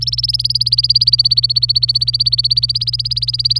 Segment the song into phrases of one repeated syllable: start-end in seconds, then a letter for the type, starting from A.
0.01-3.59 A